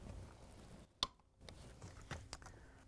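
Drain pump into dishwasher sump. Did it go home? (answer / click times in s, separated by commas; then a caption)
yes / 1.0 s. A plastic drain pump is pushed into a Whirlpool/KitchenAid/Maytag dishwasher sump and swung over until it locks in place, with a sharp click at 1.0 s. Softer taps and knocks follow, and the pump is seated in the sump.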